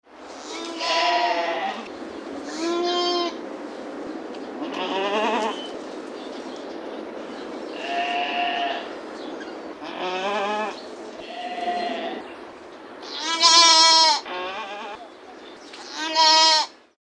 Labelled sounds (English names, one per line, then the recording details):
Markhor
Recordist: Tembrock, Günter
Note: Rufe einer Mutter mit Jungtieren